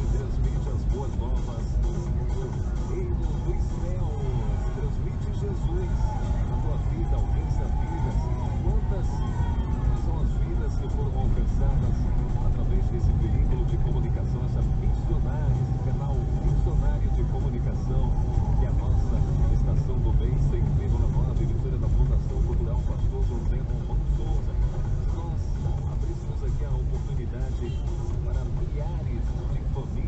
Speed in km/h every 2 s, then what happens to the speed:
25, 26, 28, 29, 28, 29, 29, 31, 31, 31, 24, 21, 19, 19, 22.
0-18 steady at about 29. 18-21 slows to 21. 21-30 steady at about 19.